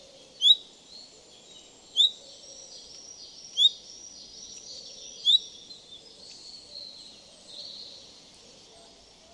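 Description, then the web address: Common chaffinch uttering four crisp, upward-flicked call notes roughly every one and a half seconds, then falling quiet, over a continuous high hiss and faint low hum. "Deverinetal"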